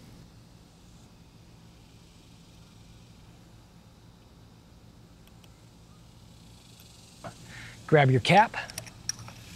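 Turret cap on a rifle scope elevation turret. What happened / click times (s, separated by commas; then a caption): The metal cap snapped into its notch / 9.1 s. A metal turret cap, set to zero, is pushed onto the elevation turret of a Zero Tech Trace Advanced 4.5-27x50mm rifle scope while someone talks over quiet background noise. A sharp, loud click at 9.1 s marks the cap notching into place, seated.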